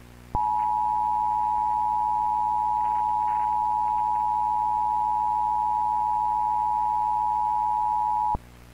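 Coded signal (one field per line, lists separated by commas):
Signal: Emergency Alert System (SAME) tones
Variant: 853 and 960 Hz attention tone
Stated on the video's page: Fictional EAS scenario in VHS found-footage style, a staged recreation.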